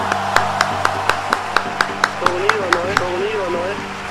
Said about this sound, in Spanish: ¡Aplausos!